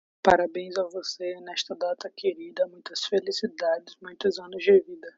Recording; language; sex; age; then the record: short text; Brazilian Portuguese; female; 20 to 29 years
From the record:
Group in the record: control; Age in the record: 21 years